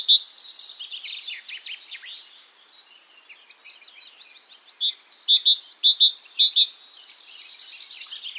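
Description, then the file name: Great tit calls: loud, sharp single and paired notes, irregularly spaced, mostly in a cluster near the end, with quieter chattering and twittering throughout. "Parus major"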